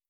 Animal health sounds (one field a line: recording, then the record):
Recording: hydrophone in a shrimp aquaculture tank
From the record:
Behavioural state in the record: starved